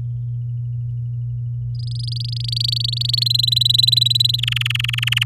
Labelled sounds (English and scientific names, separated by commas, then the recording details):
Domestic Canary (Serinus canaria) song
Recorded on 11 May 2018 at 06:27
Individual llb16